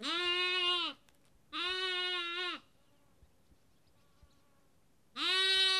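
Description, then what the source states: Sheep: lamb bleating three times, each bleat about a second long and steady in pitch, the first two close together and the third after a longer quiet pause. Lamb at Kakopetria, Cyprus.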